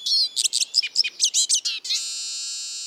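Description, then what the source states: Eurasian siskin giving a quick series of high, bright chirped notes, then a steady high ringing tone to the end. Song extract containing mimicry of the common crossbill's toop alarm call; Border Forest.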